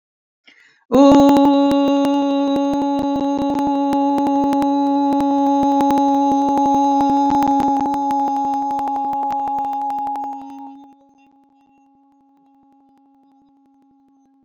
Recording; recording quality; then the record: sustained vowel as in boot; moderate, slight background noise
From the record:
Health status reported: healthy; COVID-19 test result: not tested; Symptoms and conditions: none ticked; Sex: female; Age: 55 years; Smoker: not ticked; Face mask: not worn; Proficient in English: no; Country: France